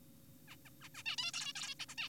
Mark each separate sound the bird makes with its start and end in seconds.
0.48-0.56, 0.65-0.70, 0.81-0.89, 0.95-1.03, 1.06-1.16, 1.18-1.32, 1.34-1.53, 1.56-1.75, 1.80-1.86, 1.89-1.95, 1.98-2.08